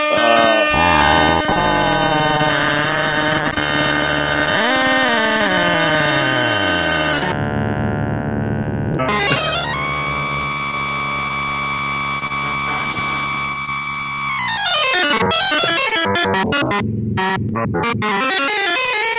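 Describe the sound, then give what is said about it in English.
Loud, blaring air horn blasts run almost continuously, harsh and distorted, with the pitch bending and sliding between sustained honks before dropping away near the end. No one speaks. “It's an air horn.”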